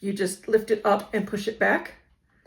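Someone talks for about two seconds while handling a plastic glue bottle in a trigger glue applicator, showing that it comes out by lifting it up and pushing it back. A short quiet follows, with faint brief sounds near 2.5 s at the very end. Nothing has seated or clicked yet; the bottle is not back home in the applicator.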